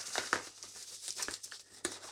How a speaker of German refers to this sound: Ich ziehe mir gerade mal Handschuhe an, damit das hier ein bisschen professioneller wirkt. Ihr könnt das nicht sehen, aber ist auch vollkommen egal.